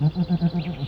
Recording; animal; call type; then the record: contact call of a hoofed animal; goat; low-frequency (closed-mouth) or high-frequency (open-mouth) call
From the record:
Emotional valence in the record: negative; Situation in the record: short social isolation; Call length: 0.88 s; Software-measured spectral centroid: 1260 Hz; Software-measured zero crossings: 1060 a second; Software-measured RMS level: -23 dBFS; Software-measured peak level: -12 dBFS